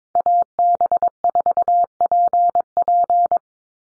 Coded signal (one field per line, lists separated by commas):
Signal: Morse code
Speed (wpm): 22 wpm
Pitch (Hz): 700 Hz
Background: none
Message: AB4PP